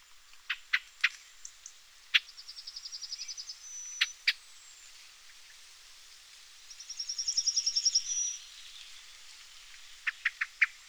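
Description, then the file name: Common blackbird calls: sharp high clicks scattered through, plus two rapid rattling trills of evenly spaced notes, one near two seconds and a longer one around seven seconds. "Turdus merula"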